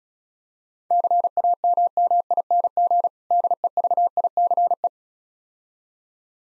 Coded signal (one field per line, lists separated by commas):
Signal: Morse code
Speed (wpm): 36 wpm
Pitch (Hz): 700 Hz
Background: none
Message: CAMMING DEVICE